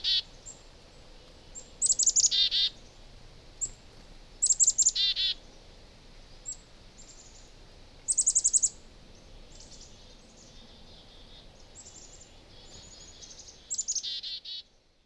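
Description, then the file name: Black-capped chickadee calling: short bursts of high, buzzy, rasping notes come every few seconds, with thin high peeps in between over a soft background hiss. "Black Capped Chickadee Mesange A Tete Noire"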